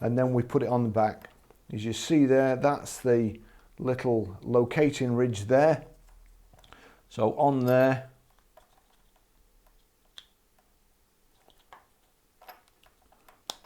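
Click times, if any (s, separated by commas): 10.2 s, 13.5 s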